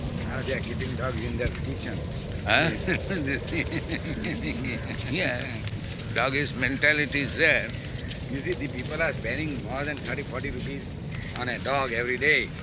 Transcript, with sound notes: Now they are keeping dogs in their kitchens. [laughs]
Yes. Doggish mentality is there.
You see, the people are spending more than thirty, forty rupees on a dog every day.